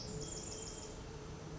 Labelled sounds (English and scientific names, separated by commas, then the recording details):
Pacific Wren (Troglodytes pacificus)
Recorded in Sonoma County, California